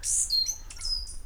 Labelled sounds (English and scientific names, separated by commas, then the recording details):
Stitchbird (Notiomystis cincta) song
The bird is a male
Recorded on Tiritiri Matangi Island, New Zealand, in 2005
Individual 11, of nest box 13